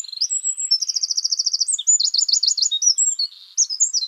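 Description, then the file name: Eurasian wren song: rapid, high-pitched trills and sharp warbled notes, with fast rattling runs and bursts repeated throughout, broken by one brief pause. "Troglodytes troglodytes"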